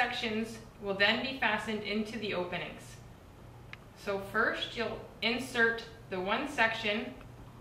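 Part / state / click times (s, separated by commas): disposable irrigation tubing section into the pump opening of a surgical implant motor unit / not seated / none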